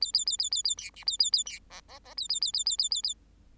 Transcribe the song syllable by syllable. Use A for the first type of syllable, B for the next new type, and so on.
A A A A A A B C A A A B D D D A A A A A A A A